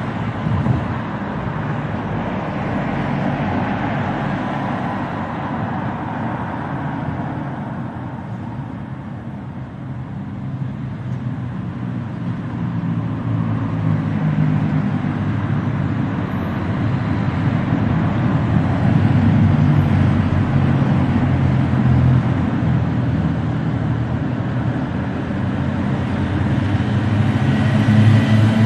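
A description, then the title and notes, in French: Gentle evening traffic in a town: a steady, dense low rumble of passing vehicles fills the whole clip, with no sharp events. The level swells slightly after about fifteen seconds, then stays full and even. Circulation douce en ville le soir.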